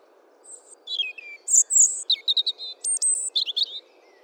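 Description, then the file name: European robin giving thin, high warbled phrases of sharp trills and sliding whistles, varied and jerky, over a faint low hiss. "Erithacus rubecula"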